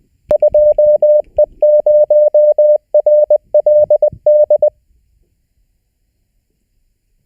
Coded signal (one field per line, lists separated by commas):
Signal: Morse code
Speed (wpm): 20 wpm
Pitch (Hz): 600 Hz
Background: none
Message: 2E0RLD